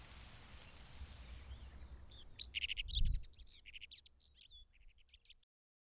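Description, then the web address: Common whitethroat song: a brief scratchy warble of fast jumbled notes over low rumbling background noise, with a dull thump midway. "Madardalok Mezei poszáta"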